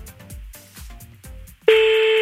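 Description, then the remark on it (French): After a busy, rhythmic stretch of sound, the ringing tone of an outgoing call placed live on Fun Radio cuts in abruptly: a loud, steady mid-pitched electronic tone that holds unbroken to the end. “Oui, il va pas décrocher aussi, hein.”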